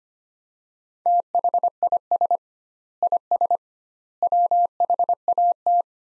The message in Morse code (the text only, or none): THIS IS WHAT